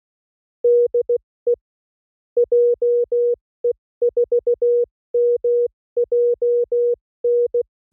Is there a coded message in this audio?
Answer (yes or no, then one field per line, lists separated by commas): yes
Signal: Morse code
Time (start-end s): 0.6-7.6 s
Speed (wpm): 16 wpm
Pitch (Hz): 480 Hz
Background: none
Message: DE JE4MJN